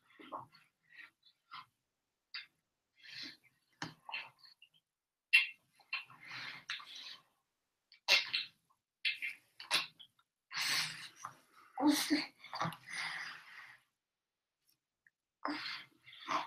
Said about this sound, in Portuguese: Tá furada, neném, tá bebendo água, né, meu amor?